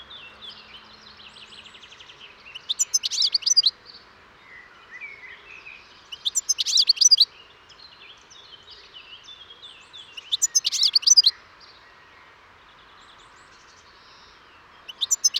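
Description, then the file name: European goldfinch song: three loud bursts of high, tinkling twitters about every four seconds, with softer notes between them. "Carduelis carduelis"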